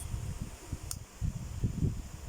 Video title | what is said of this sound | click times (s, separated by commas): Unboxing: Beyblade King helios from Takara Tomy - New beyblades comin' up! | When you hear the click, it's locked. | 0.9 s